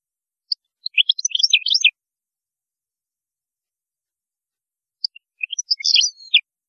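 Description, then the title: European goldfinch delivering two fast, jangling twitter phrases of about one and a half seconds each, separated by a quiet gap. "Chant Chardonneret"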